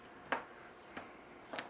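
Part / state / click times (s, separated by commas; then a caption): plastic phone case coming off a smartphone / released / 0.3 s. A thin plastic SGP Ultra Thin Air Series case is pressed at one corner and snapped off a Samsung Galaxy S4 i9500 smartphone. A sharp snap is heard at 0.3 s, followed by fainter clicks around 1.0 s and 1.5–1.6 s. The case comes off the phone.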